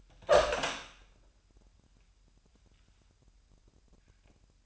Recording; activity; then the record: daily activity, microphone in the room; open door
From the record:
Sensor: 2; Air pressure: 998.3 hPa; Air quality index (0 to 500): 142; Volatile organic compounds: 4 ppm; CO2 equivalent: 1598 ppm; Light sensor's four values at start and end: 12/34/14/13 and 12/34/14/13